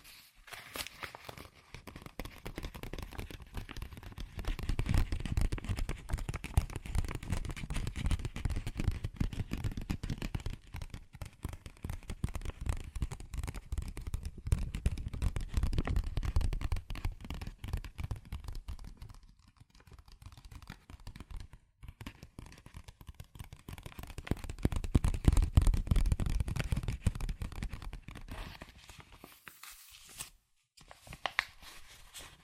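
Fast tapping and scratching on cardboard and paper, a dense run of quick, crisp hits that barely lets up. The sound swells into fuller, rougher scratching around 5, 15 and 25 seconds, with brief pauses near 20 and 30 seconds.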